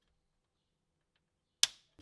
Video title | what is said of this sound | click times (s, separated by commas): Xbox 360 Phat Thermal Paste Replacement and Disassembly (Falcon) | nice click out of one | 1.6 s